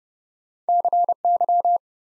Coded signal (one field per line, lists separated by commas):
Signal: Morse code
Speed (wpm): 30 wpm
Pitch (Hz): 700 Hz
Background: none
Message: CY